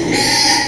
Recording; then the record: squeal of a Yucatan mini pig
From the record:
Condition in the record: before surgery on the right vocal fold (resection and tissue-engineered implant); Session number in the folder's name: 2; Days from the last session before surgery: 0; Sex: male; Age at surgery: 12 weeks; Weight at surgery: 13 kg